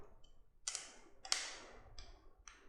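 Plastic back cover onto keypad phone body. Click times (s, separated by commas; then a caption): 0.7 s, 1.2 s, 1.3 s, 2.0 s, 2.5 s. Someone presses the plastic back cover onto a Motorola A10 Dual Sim keypad phone body after putting the battery in. Sharp plastic clicks sound at 0.7, 1.3, 1.3, 2.0 and 2.5 seconds. The cover clips only partly snap, and one spot has not locked properly.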